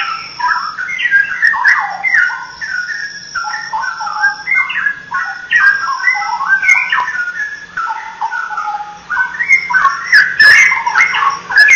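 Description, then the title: Oriental magpie-robin song, a continuous run of varied whistled phrases and short slurred notes, shifting in pitch, with a faint steady low hum underneath. "Kicau Kacer"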